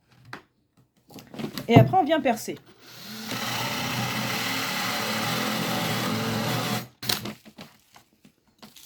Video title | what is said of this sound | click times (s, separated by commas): COMMENT POSER DES CHARNIÈRES INVISIBLES, avec ET sans gabarit ➡️démo de 3 modèles de 4 à 300€! | vient se clipser sur le socle | 0.3 s